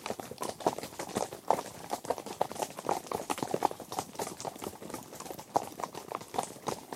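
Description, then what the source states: Horse hoofbeats, irregular walking clops. Horses walking, recorded from the rider's perspective.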